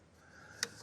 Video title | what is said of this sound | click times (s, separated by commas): ORIGINAL 1950s FACTORY WORKS JAGUAR “D” TYPES VISIT THE WORKSHOP! - Tyrrell's Classic Workshop | And again, I'm hoping this just undoes with a nice click. Oh, yes. There we go. | 0.6 s